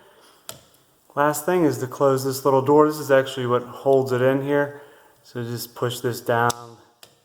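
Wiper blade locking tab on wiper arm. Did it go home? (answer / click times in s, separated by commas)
yes / 7.0 s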